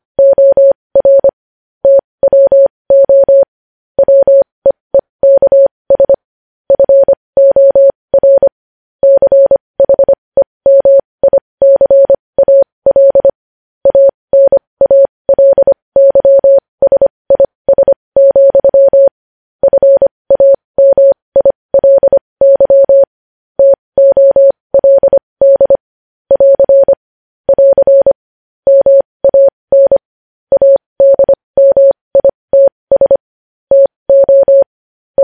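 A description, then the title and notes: Morse code is sent as a single steady tone that switches on and off in short dots and longer dashes, keyed at a brisk, fairly regular pace for the whole stretch. The pitch stays fixed and mid-high, clean, with silent gaps between characters and no background sound. Morse code.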